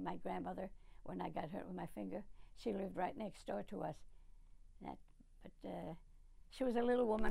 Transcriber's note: none